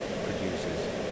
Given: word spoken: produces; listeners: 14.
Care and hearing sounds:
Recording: one English word in noise, from a listening test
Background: speech-shaped noise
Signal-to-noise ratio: -5.7 dB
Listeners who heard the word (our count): 6 of 14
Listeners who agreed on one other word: 7 of 14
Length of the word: 0.71 s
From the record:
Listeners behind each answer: 7, 6, 1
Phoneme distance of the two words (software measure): 10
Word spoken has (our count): 3 syllables, 9 phonemes, stress on syllable 2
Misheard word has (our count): 3 syllables, 9 phonemes, stress on syllable 2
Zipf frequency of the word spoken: 3.92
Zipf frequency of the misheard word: 3.99

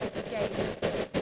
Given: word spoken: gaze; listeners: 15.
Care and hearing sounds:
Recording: one English word in noise, from a listening test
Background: noise modulated by three-talker babble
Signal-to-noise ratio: -7.3 dB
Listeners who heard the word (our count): 4 of 15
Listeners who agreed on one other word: 6 of 15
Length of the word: 0.82 s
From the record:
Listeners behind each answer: 6, 4, 1, 1, 1, 1, 1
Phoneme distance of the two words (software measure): 7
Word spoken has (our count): 1 syllable, 3 phonemes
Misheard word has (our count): 1 syllable, 4 phonemes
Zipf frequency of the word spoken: 3.55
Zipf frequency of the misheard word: 5.12

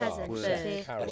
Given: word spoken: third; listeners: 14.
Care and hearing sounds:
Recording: one English word in noise, from a listening test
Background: four-talker babble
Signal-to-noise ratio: -2.5 dB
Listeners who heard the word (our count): 0 of 14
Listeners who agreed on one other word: 6 of 14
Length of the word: 0.71 s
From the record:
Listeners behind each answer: 6, 4, 1, 1, 1, 1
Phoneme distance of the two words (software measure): 44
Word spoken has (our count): 1 syllable, 3 phonemes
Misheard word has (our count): 2 syllables, 5 phonemes, stress on syllable 1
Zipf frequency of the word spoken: 5.17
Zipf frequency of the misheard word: 3.43

